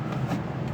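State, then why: Not seated. Rear window glass of a BMW E90 3 Series (328i/330) sliding down toward the new window regulator in the rear door, where its clip will snap over the hole to lock the glass in place. A steady low rumble with faint shuffling fills the clip, and nothing has seated or clicked yet.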